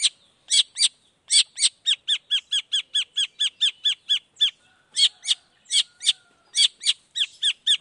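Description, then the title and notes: Long-tailed shrike song: a fast run of sharp, ringing notes, each with a falling hook, repeated about four times a second with brief pauses. Long-tailed shrike singing varied 'toet toet' notes in the morning, played to provoke other shrikes into responding. "Cendet Gacor Dor Di Kala Pagi Toet Toet Variasi Suara. Cendet Gacor Langsung Nyaut Emosi Hanya dengan Sekali Putar Bikin Cendet Lainya Cepat Respon Bunyi. Burung cendet"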